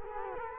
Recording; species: mosquito wingbeat signal from an infrared sensor; Culex quinquefasciatus